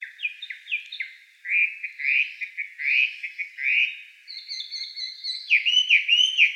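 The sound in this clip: Chinese Hwamei song: loud, varied slurred whistled phrases given in quick succession, with short repeated notes and higher sweeping figures toward the end.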